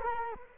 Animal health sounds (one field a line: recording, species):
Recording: mosquito wingbeat signal from an infrared sensor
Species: Culex quinquefasciatus